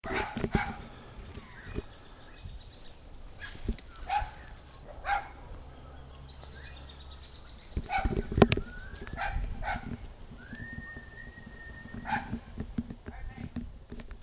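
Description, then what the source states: Dog barking in scattered single barks and short bursts over a rumbling background, with a bird's long whistled note midway and other faint noises. Suburban atmosphere with a dog and birds.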